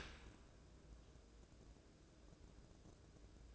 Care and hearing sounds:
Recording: daily activity, microphone in the room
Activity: open dishwasher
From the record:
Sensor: 2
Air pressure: 1012.2 hPa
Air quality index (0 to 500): 133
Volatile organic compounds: 2 ppm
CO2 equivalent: 981 ppm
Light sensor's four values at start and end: 303/742/302/307 and 304/744/302/308

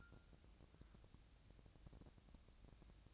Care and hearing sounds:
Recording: daily activity, microphone in the room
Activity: take from stove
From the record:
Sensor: 2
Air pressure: 999.8 hPa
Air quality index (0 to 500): 122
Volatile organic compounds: 2 ppm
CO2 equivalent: 1048 ppm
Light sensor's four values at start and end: 33/81/35/39 and 33/81/35/39

